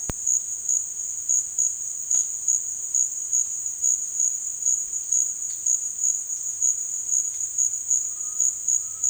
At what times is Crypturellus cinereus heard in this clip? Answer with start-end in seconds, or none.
8.04-9.09